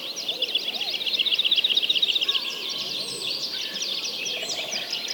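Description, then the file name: Many birds singing together, a dense chorus of high chirps and trills, with one rapid repeated trill standing out in the first half. "Digiffects Sound Effects Library - Many Birds Singing"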